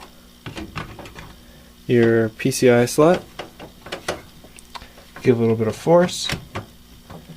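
A graphics card is pushed with a little force into a motherboard PCIe slot while someone talks, with light handling knocks throughout. A single knock at 6.6 s marks the card seating, and it is confirmed in place.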